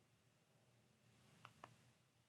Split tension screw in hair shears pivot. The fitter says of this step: you can hear it click let's see if we can hear it click